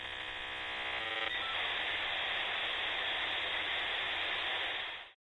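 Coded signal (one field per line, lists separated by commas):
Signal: dial-up modem handshake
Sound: short burst of layered steady tones, then loud broadband hiss that suddenly stops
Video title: Dial Up Modem #Shorts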